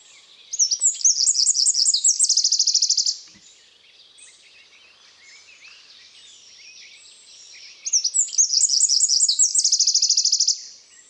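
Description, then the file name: Eurasian wren song in two loud bursts, each a shrill high twitter ending in a fast rattling trill, with quiet between. "Troglodytes troglodytes"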